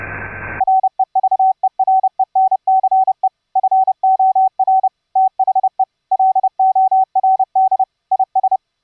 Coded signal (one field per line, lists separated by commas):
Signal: Morse code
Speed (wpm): 30 wpm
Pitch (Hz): 760 Hz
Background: radio noise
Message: REVERENCE FOR THE LORD IS